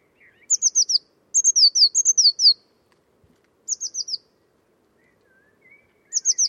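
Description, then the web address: Bird calls: high, thin descending notes in quick runs of three to five, repeated in several bursts, with a few faint lower whistles between. "Deverinetal 2025. Bird Only"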